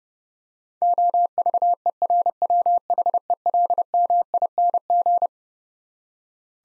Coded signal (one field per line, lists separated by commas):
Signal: Morse code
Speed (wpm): 30 wpm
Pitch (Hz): 700 Hz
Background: none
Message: OVERWHELMING